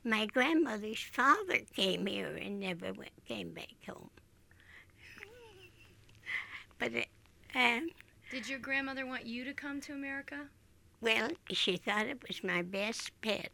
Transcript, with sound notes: My grandmother's father came here and never went, came back home. [Laughs] But it —
Did your grandmother want you to come to America?
Well, she thought it was my best bet.